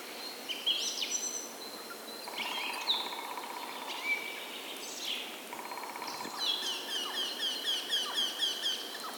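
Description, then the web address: Mixed birdsong: short whistles and twittering, then a rapid series of repeated chirps near the end, over a continuous outdoor background. Spring birds, nature ambience. "VT Homezon Musica da luma Spring Birds Nature Ambiance"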